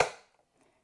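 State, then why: Seated. A keg's small tab is pushed into its slot in a Krups Sub beer dispenser until the latch engages, with one sharp, loud click at 0.0 s that decays over about a quarter second. A faint, soft sound follows around 0.6 s. The tab is seated in position.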